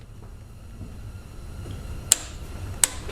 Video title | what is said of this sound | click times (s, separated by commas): BMW N20 N26 TIMING CHAIN INSTALLATION REPLACEMENT 320i 328i 420i 428i 520i 528i X1 X3 X4 Z4 F20 F22 | always always consult listen for that click now | 2.1 s